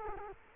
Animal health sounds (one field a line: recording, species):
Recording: mosquito wingbeat signal from an infrared sensor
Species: Culex quinquefasciatus